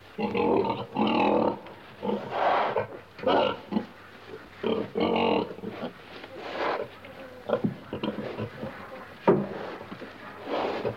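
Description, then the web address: Pig grunting in a run of rough, nasal bursts with brief pauses between. Pig grunting in a pen. "pig grunting in pen animal"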